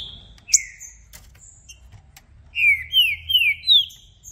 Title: ESQUENTAR Seu TRINCA Piando, Cantando E Macheando Na DISPUTA. Trinca Ferro VALENTE! VIRANDO VARIOS TIPOS DE CANTOS!! ABRIR O CANTO!!